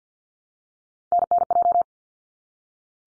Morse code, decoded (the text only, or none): NNJ